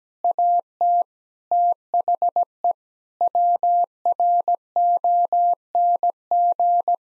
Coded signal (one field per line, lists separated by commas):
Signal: Morse code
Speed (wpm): 17 wpm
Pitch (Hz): 700 Hz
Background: none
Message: AT THE WRONG